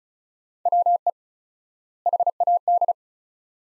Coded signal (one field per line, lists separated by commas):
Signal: Morse code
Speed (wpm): 34 wpm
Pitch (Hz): 700 Hz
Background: none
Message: WE HAD